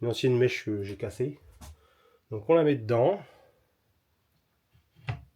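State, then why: Released. Someone talks while pushing a piece of an old broken drill bit into the release hole of an electric cupboard-door latch in a camper van. At 5.1 s the latch releases with a short, sharp click. The large door stays shut because its two gas struts keep it from swinging open by itself.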